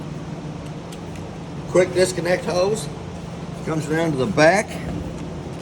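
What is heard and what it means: A quick-disconnect gas hose is brought around to the back of the pull-out outdoor kitchen grill on a 2024 Forest River Salem Hemisphere Hyper-Lyte 25RBHL, to be pushed onto its fitting. Someone talks over a steady low background hum. Nothing has seated or clicked yet.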